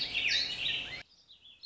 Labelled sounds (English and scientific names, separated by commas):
Warbling Vireo (Vireo gilvus)